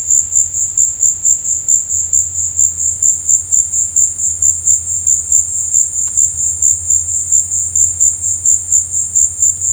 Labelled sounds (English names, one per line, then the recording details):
none
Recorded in dense forest near Puerto Asís, Putumayo, Colombia, on 22 December 2024 at 15:30
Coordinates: 0.481, -76.323
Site G100